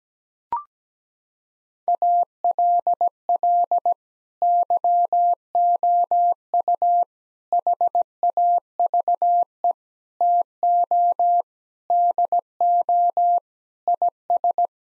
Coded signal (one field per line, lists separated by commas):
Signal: Morse code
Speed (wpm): 17 wpm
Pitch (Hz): 700 Hz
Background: none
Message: ALL YOU HAVE TO DO IS